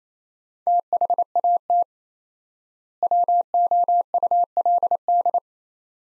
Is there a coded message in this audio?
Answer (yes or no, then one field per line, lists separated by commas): yes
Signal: Morse code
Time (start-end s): 0.7-5.4 s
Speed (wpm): 28 wpm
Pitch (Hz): 700 Hz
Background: none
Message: THAT WOULD